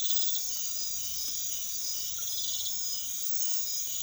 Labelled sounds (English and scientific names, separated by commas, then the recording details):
none
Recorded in secondary vegetation near Puerto Asís, Putumayo, Colombia, on 28 February 2025 at 01:00
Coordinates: 0.500, -76.326
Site GP04